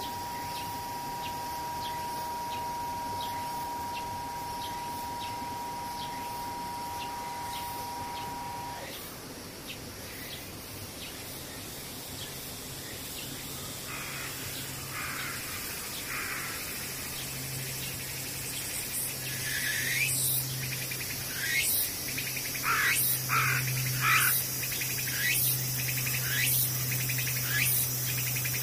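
Cicadas call over a steady background drone. A level mid-pitched tone holds for the first nine seconds, then cuts off. From about fifteen seconds, shrill rising pulses repeat roughly once a second, growing louder and faster toward the end over a low hum.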